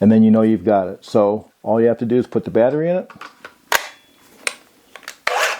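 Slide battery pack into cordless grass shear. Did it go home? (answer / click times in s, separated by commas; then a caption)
yes / 5.3 s. Someone talks, then an 18V slide-in battery pack is inserted into a Makita XMU04Z cordless grass shear with a few short handling taps and scrapes. The battery latches into place with a sharp click at 5.3 s and is seated.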